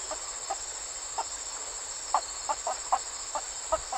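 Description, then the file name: Map tree frog: soft short clucking notes at irregular intervals, a few close together, with a steady high hum above. "Hyla geographica"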